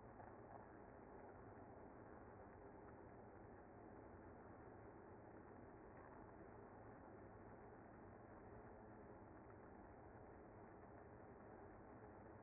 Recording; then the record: honeybee colony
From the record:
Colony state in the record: active